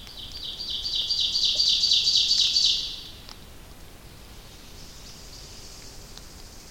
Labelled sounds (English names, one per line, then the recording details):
Ovenbird song
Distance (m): 25 m
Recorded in boreal forest in Alberta, Canada, on 29 May 2016 at 06:10
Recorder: SongMeter 3, array SBT-3-49
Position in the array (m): 123 m, 133 m
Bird 15